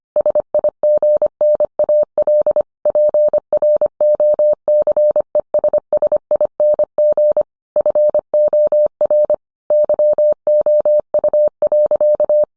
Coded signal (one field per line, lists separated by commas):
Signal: Morse code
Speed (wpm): 25 wpm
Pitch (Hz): 600 Hz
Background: none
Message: SIGNAL PROCESSING FOR YOU.